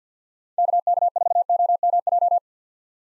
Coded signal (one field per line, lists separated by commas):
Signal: Morse code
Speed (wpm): 50 wpm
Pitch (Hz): 700 Hz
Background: none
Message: KK4OMJ